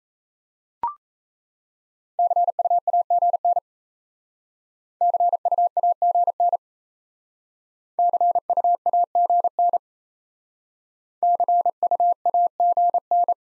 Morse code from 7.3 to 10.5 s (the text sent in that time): CUAGN